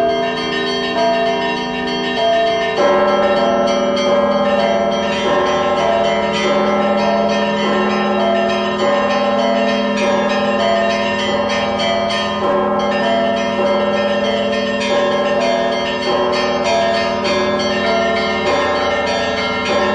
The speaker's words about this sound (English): After that comes a whole garland of the most distinctly diverse bell sounds, or voices, St. Daniel's Monastery.